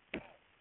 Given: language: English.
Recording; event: throat vibration sensor signal played as sound; cough